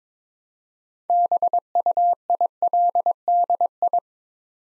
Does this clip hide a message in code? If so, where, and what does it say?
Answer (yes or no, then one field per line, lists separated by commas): yes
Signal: Morse code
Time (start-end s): 1.1-4.0 s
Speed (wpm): 22 wpm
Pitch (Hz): 700 Hz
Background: none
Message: BUILDI